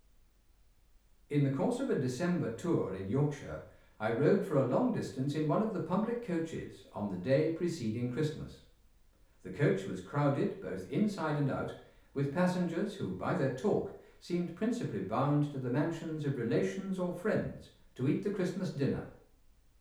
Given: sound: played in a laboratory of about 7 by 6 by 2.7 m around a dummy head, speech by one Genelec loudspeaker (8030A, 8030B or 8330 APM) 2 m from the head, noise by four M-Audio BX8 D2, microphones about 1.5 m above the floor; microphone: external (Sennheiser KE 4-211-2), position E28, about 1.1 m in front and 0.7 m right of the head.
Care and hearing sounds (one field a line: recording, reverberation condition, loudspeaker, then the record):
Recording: male speech in English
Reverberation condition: medium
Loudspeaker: 120 degrees to the right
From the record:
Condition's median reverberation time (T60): about 510 ms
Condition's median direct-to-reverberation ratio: about -0.5 dB